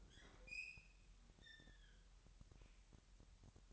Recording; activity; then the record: daily activity, microphone in the room; open fridge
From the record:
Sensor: 3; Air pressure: 1001.9 hPa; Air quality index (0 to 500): 246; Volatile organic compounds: 50 ppm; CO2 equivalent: 3298 ppm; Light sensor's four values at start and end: 12/36/15/13 and 12/36/15/13